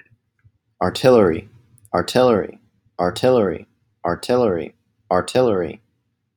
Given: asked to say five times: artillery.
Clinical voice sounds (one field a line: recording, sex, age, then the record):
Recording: repeated word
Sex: male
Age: 20 to 29 years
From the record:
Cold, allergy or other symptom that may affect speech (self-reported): no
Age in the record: 28 years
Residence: New Jersey, United States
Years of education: 14